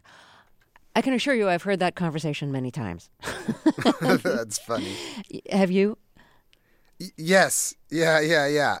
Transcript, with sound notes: I can assure you I've heard that conversation many times.
(LAUGHTER)
That's funny.
Have you?
Yes. Yeah,